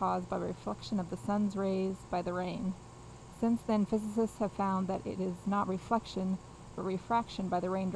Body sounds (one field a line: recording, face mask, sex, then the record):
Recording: reading aloud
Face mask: surgical mask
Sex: female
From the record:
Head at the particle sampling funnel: facing it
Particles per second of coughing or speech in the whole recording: 0.0679